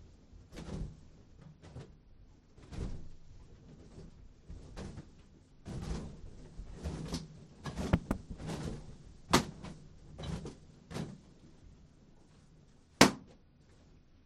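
Things are popped one at a time with a needle taped to a stick, giving sharp, bright cracks near 9 and 13 seconds, the last the loudest. Between them come irregular low thumps, knocks and rustling handling noise, scattered throughout with short quiet gaps.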